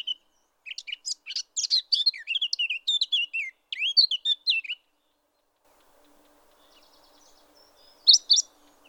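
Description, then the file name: Eurasian blackcap singing a quick, scratchy warble of jumbled high notes for about four seconds, then, after a quiet pause, a brief final chirp. "Sylvia atricapilla"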